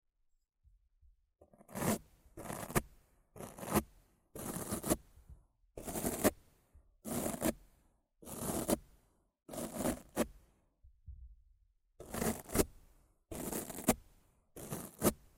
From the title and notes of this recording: ASMR Rough Mic Scratching & Brushing (No Talking).